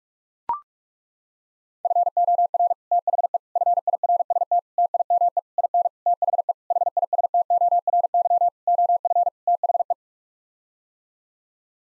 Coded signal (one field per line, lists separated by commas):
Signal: Morse code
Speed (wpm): 41 wpm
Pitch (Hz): 700 Hz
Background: none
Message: FOR THE FIRST TIME IN THE HISTORY OF THE